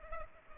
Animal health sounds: mosquito wingbeat signal from an infrared sensor; Culex pipiens

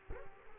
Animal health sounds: mosquito wingbeat signal from an infrared sensor; Aedes aegypti

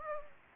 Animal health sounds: mosquito wingbeat signal from an infrared sensor; Anopheles gambiae

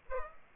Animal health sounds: mosquito wingbeat signal from an infrared sensor; Aedes aegypti

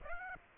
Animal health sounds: mosquito wingbeat signal from an infrared sensor; Aedes aegypti

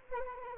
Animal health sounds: mosquito wingbeat signal from an infrared sensor; Anopheles arabiensis

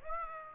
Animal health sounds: mosquito wingbeat signal from an infrared sensor; Aedes aegypti

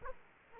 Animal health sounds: mosquito wingbeat signal from an infrared sensor; Aedes aegypti

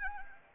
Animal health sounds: mosquito wingbeat signal from an infrared sensor; Anopheles arabiensis

